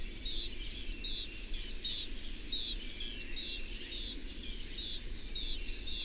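Bird singing a run of sharp, high chirps, each sliding down in pitch, delivered unevenly with short gaps over a quiet hiss.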